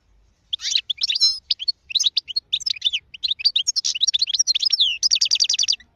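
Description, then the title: European goldfinch song: a fast tumble of bright twittering and liquid notes, ending in a rapid trill. "غناءالحسون الخلوي chant chardonneret sauvage"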